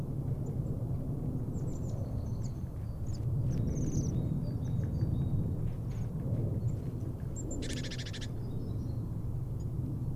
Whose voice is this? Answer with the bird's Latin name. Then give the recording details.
Bombycilla garrulus. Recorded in the wild. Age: adult. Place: Bernau bei Berlin, Forst Bernau, Brandenburg, DE. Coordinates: 52.6975, 13.5211. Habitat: forest. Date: 2007-02-18 15:48. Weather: fair, 7-8°C. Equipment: Sound Devices 702, Sennheiser MKH 70, Windkorb. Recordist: Frommolt, Karl-Heinz. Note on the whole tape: Rieselfläche bei Bernau Waldfrieden: Rufe eines Trupps von 8 Seidenschwänzen. Entfernung 15 m. Tiere gesehen